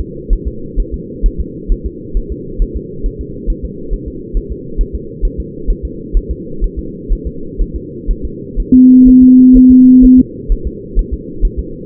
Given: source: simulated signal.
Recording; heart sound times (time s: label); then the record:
fetal heart sounds
0.00 s: S2
0.33 s: S1
0.47 s: S2
0.80 s: S1
0.94 s: S2
1.26 s: S1
1.40 s: S2
1.72 s: S1
1.86 s: S2
2.17 s: S1
2.32 s: S2
2.62 s: S1
2.77 s: S2
3.06 s: S1
3.21 s: S2
3.50 s: S1
3.65 s: S2
3.94 s: S1
4.08 s: S2
4.37 s: S1
4.52 s: S2
4.81 s: S1
4.95 s: S2
5.25 s: S1
5.40 s: S2
5.70 s: S1
5.85 s: S2
6.17 s: S1
6.31 s: S2
6.64 s: S1
6.79 s: S2
7.13 s: S1
7.27 s: S2
7.61 s: S1
7.76 s: S2
8.11 s: S1
8.25 s: S2
8.60 s: S1
8.74 s: S2
9.08 s: S1
9.23 s: S2
9.57 s: S1
9.71 s: S2
10.05 s: S1
10.19 s: S2
10.52 s: S1
10.67 s: S2
10.99 s: S1
11.14 s: S2
11.45 s: S1
11.59 s: S2
From the record:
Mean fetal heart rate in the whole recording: 130 bpm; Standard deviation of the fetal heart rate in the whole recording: 4 bpm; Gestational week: 38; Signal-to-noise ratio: -4.3 dB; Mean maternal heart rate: 72 bpm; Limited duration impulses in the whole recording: present